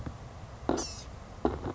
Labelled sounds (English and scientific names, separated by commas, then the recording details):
Blue-gray Gnatcatcher (Polioptila caerulea)
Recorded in Sonoma County, California